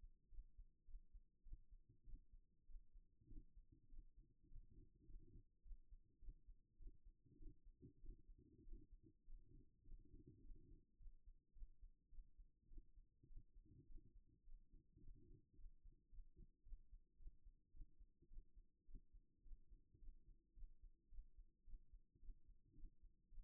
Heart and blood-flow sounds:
heart sounds by stethoscope; 106 bpm
0.29 s: heartbeat
0.85 s: heartbeat
1.43 s: heartbeat
2.04 s: heartbeat
2.66 s: heartbeat
3.27 s: heartbeat
3.89 s: heartbeat
4.48 s: heartbeat
5.06 s: heartbeat
5.63 s: heartbeat
6.19 s: heartbeat
6.77 s: heartbeat
7.37 s: heartbeat
8.00 s: heartbeat
8.63 s: heartbeat
9.24 s: heartbeat
9.84 s: heartbeat
10.42 s: heartbeat
10.98 s: heartbeat
11.53 s: heartbeat
12.10 s: heartbeat
12.68 s: heartbeat
13.27 s: heartbeat
13.86 s: heartbeat
14.44 s: heartbeat
15.00 s: heartbeat
15.56 s: heartbeat
16.10 s: heartbeat
16.64 s: heartbeat
17.17 s: heartbeat
17.71 s: heartbeat
18.28 s: heartbeat
18.85 s: heartbeat
19.43 s: heartbeat
19.99 s: heartbeat
20.54 s: heartbeat
21.09 s: heartbeat
21.65 s: heartbeat
22.20 s: heartbeat
22.75 s: heartbeat
23.29 s: heartbeat
From the record:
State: at rest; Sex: female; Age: 31 years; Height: 169 cm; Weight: 67 kg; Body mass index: 23.46

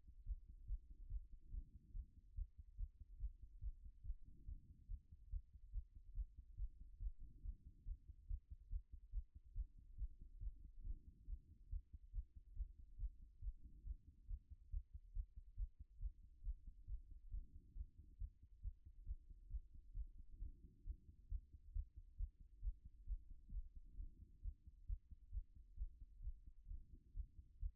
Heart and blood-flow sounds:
heart sounds by stethoscope; 139 bpm
0.25 s: heartbeat
0.67 s: heartbeat
1.09 s: heartbeat
1.51 s: heartbeat
1.93 s: heartbeat
2.35 s: heartbeat
2.77 s: heartbeat
3.18 s: heartbeat
3.60 s: heartbeat
4.03 s: heartbeat
4.45 s: heartbeat
4.88 s: heartbeat
5.30 s: heartbeat
5.72 s: heartbeat
6.14 s: heartbeat
6.56 s: heartbeat
6.99 s: heartbeat
7.42 s: heartbeat
7.85 s: heartbeat
8.27 s: heartbeat
8.69 s: heartbeat
9.12 s: heartbeat
9.54 s: heartbeat
9.97 s: heartbeat
10.40 s: heartbeat
10.83 s: heartbeat
11.27 s: heartbeat
11.70 s: heartbeat
12.12 s: heartbeat
12.55 s: heartbeat
12.98 s: heartbeat
13.41 s: heartbeat
13.84 s: heartbeat
14.27 s: heartbeat
14.70 s: heartbeat
15.13 s: heartbeat
15.56 s: heartbeat
16.00 s: heartbeat
16.43 s: heartbeat
16.87 s: heartbeat
17.31 s: heartbeat
17.75 s: heartbeat
18.18 s: heartbeat
18.62 s: heartbeat
19.05 s: heartbeat
19.49 s: heartbeat
19.94 s: heartbeat
20.39 s: heartbeat
20.84 s: heartbeat
21.29 s: heartbeat
21.73 s: heartbeat
22.17 s: heartbeat
22.61 s: heartbeat
23.06 s: heartbeat
23.51 s: heartbeat
23.97 s: heartbeat
24.42 s: heartbeat
24.87 s: heartbeat
25.31 s: heartbeat
25.76 s: heartbeat
26.22 s: heartbeat
26.68 s: heartbeat
27.14 s: heartbeat
27.60 s: heartbeat
From the record:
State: after exercise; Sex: female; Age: 55 years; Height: 168 cm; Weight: 81 kg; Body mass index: 28.70

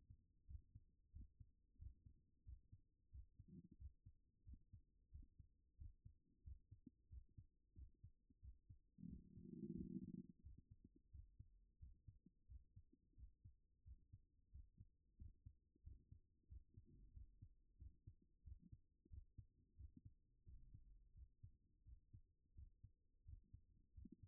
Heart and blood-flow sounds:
heart sounds by stethoscope; 90 bpm
0.45 s: heartbeat
1.10 s: heartbeat
1.76 s: heartbeat
2.42 s: heartbeat
3.09 s: heartbeat
3.76 s: heartbeat
4.43 s: heartbeat
5.09 s: heartbeat
5.75 s: heartbeat
6.41 s: heartbeat
7.07 s: heartbeat
7.73 s: heartbeat
8.39 s: heartbeat
9.06 s: heartbeat
9.73 s: heartbeat
10.40 s: heartbeat
11.09 s: heartbeat
11.77 s: heartbeat
12.45 s: heartbeat
13.14 s: heartbeat
13.82 s: heartbeat
14.49 s: heartbeat
15.15 s: heartbeat
15.81 s: heartbeat
16.46 s: heartbeat
17.11 s: heartbeat
17.76 s: heartbeat
18.41 s: heartbeat
19.07 s: heartbeat
19.74 s: heartbeat
20.43 s: heartbeat
21.12 s: heartbeat
21.82 s: heartbeat
22.53 s: heartbeat
23.23 s: heartbeat
23.92 s: heartbeat
From the record:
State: at rest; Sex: male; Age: 39 years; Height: 186 cm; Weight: 113 kg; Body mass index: 32.66

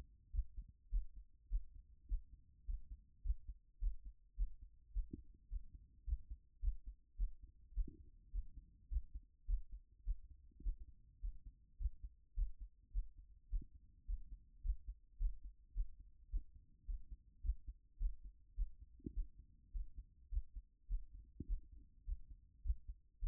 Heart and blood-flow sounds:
heart sounds by stethoscope; 104 bpm
0.32 s: heartbeat
0.91 s: heartbeat
1.50 s: heartbeat
2.08 s: heartbeat
2.66 s: heartbeat
3.23 s: heartbeat
3.80 s: heartbeat
4.37 s: heartbeat
4.93 s: heartbeat
5.50 s: heartbeat
6.06 s: heartbeat
6.61 s: heartbeat
7.17 s: heartbeat
7.74 s: heartbeat
8.32 s: heartbeat
8.90 s: heartbeat
9.47 s: heartbeat
10.05 s: heartbeat
10.63 s: heartbeat
11.21 s: heartbeat
11.79 s: heartbeat
12.35 s: heartbeat
12.93 s: heartbeat
13.50 s: heartbeat
14.07 s: heartbeat
14.63 s: heartbeat
15.19 s: heartbeat
15.74 s: heartbeat
16.30 s: heartbeat
16.86 s: heartbeat
17.42 s: heartbeat
17.99 s: heartbeat
18.56 s: heartbeat
19.14 s: heartbeat
19.73 s: heartbeat
20.30 s: heartbeat
20.89 s: heartbeat
21.47 s: heartbeat
22.05 s: heartbeat
22.63 s: heartbeat
23.21 s: heartbeat
From the record:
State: after exercise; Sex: female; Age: 24 years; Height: 178 cm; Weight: 71 kg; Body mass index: 22.41

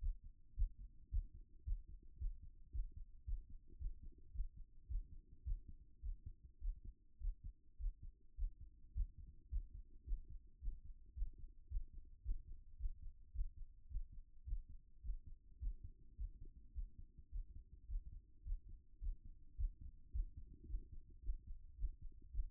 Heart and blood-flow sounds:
heart sounds by stethoscope; 108 bpm
0.55 s: heartbeat
1.10 s: heartbeat
1.64 s: heartbeat
2.18 s: heartbeat
2.71 s: heartbeat
3.25 s: heartbeat
3.78 s: heartbeat
4.32 s: heartbeat
4.87 s: heartbeat
5.43 s: heartbeat
6.01 s: heartbeat
6.59 s: heartbeat
7.19 s: heartbeat
7.77 s: heartbeat
8.36 s: heartbeat
8.93 s: heartbeat
9.49 s: heartbeat
10.05 s: heartbeat
10.60 s: heartbeat
11.14 s: heartbeat
11.68 s: heartbeat
12.22 s: heartbeat
12.77 s: heartbeat
13.32 s: heartbeat
13.88 s: heartbeat
14.44 s: heartbeat
15.01 s: heartbeat
15.59 s: heartbeat
16.16 s: heartbeat
16.73 s: heartbeat
17.30 s: heartbeat
17.87 s: heartbeat
18.44 s: heartbeat
19.00 s: heartbeat
19.56 s: heartbeat
20.11 s: heartbeat
20.66 s: heartbeat
21.21 s: heartbeat
21.76 s: heartbeat
22.31 s: heartbeat
From the record:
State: after exercise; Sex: male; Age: 37 years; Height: 170 cm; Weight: 86 kg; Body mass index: 29.76

